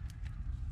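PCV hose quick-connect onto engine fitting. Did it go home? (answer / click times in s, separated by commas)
no / none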